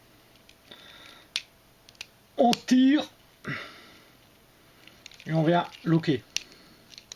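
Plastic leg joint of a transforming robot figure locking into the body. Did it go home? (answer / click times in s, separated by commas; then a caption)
no / none. The plastic leg part of a TAKASA TONY CP-21 Bumble (aka Bumblebee) transforming robot figure is moved into position during its car-to-robot transformation, producing small plastic clicks and taps while someone talks. The leg has not yet locked into the body, and nothing has seated or clicked into place yet.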